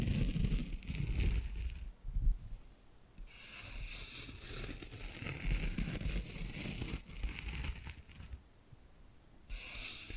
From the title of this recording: ASMR Hypnotic Tapping and Scratching Sounds